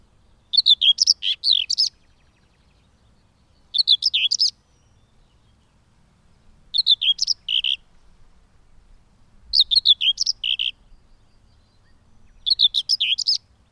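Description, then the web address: Common whitethroat song: five short, scratchy, chattering phrases repeated roughly every three seconds, each about a second long, with no other clear sounds. "agykontroll Madardalok Cd 2. Mezei poszáta"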